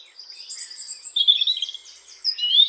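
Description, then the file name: European robin giving a short run of high thin warbling and twittering notes. "Erithacus rubecula"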